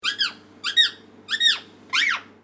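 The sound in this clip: Parrot squawks: four harsh, harmonic-rich screeches, each rising then dropping, spaced about two-thirds of a second apart over a steady low hum.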